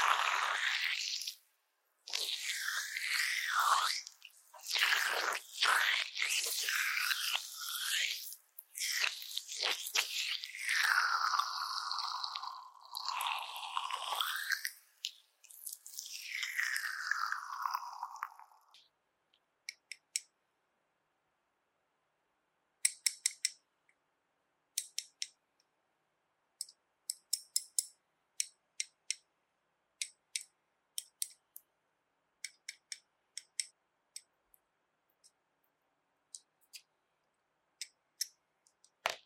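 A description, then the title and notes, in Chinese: Slippery jelly squished in dense, wet, bright bursts for eighteen seconds, then only sparse soft clicks and taps with near silence between. 滑溜溜的果凍觸發 | Jelly Trigger。NO Talking。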